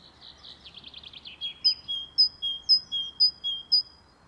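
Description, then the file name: Great tit: a brief buzzy chatter, then a run of clear, high whistled notes alternating between two pitches, about four per second. "Parus major"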